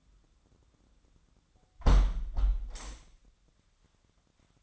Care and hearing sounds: daily activity, microphone in the room; close window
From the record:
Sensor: 3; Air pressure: 1006.4 hPa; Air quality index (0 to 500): 195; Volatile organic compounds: 15 ppm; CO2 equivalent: 2485 ppm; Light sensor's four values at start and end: 10/24/10/10 and 10/23/9/9

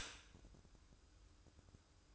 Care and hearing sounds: daily activity, microphone in the room; stop toaster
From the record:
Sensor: 2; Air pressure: 1006.9 hPa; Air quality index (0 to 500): 43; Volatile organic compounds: 1 ppm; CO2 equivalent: 548 ppm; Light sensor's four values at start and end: 6/14/6/6 and 6/14/6/6

